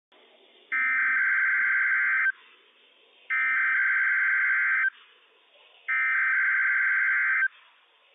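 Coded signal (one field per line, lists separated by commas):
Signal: Emergency Alert System (SAME) tones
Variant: header bursts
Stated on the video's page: Required Weekly Test issued by NWS Pendleton, Oregon, on NOAA weather radio station WWF56.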